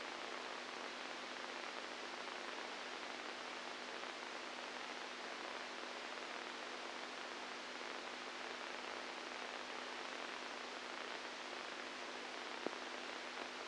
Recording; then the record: brain microelectrode recording played as sound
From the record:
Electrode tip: inside the subthalamic nucleus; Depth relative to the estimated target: 0 mm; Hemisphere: right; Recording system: NeuroSet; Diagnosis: Parkinson's disease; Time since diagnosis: 10 years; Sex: female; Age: 67 years